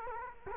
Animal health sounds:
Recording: mosquito wingbeat signal from an infrared sensor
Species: Culex quinquefasciatus

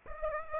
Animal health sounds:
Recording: mosquito wingbeat signal from an infrared sensor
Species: Aedes aegypti

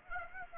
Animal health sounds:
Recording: mosquito wingbeat signal from an infrared sensor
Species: Aedes aegypti

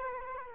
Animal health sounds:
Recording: mosquito wingbeat signal from an infrared sensor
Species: Culex quinquefasciatus

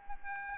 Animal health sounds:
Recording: mosquito wingbeat signal from an infrared sensor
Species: Aedes aegypti

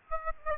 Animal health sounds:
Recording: mosquito wingbeat signal from an infrared sensor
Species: Aedes albopictus

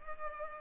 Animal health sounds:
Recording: mosquito wingbeat signal from an infrared sensor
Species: Culex pipiens

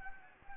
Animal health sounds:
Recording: mosquito wingbeat signal from an infrared sensor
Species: Anopheles gambiae

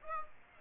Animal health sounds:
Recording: mosquito wingbeat signal from an infrared sensor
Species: Aedes aegypti

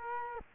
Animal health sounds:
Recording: mosquito wingbeat signal from an infrared sensor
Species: Culex quinquefasciatus

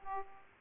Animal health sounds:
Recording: mosquito wingbeat signal from an infrared sensor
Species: Aedes aegypti

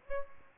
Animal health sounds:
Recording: mosquito wingbeat signal from an infrared sensor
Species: Aedes albopictus

